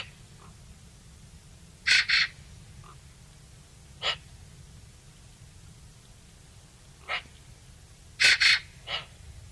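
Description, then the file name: Eurasian magpie calling: a loud rasping double note, a few single harsh notes, then a closing cluster of three grating calls. "Pica pica"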